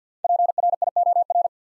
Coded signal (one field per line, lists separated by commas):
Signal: Morse code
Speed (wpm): 50 wpm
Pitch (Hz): 700 Hz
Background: none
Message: PRIOR